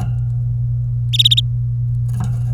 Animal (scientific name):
Serinus canaria